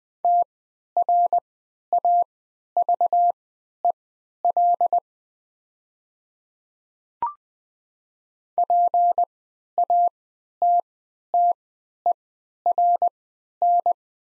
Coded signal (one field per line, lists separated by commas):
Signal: Morse code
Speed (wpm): 20 wpm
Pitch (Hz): 700 Hz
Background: none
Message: TRAVEL PATTERN